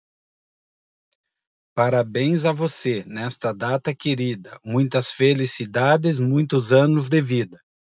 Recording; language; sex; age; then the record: short text; Brazilian Portuguese; male; 50 to 59 years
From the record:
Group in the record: control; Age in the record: 50 years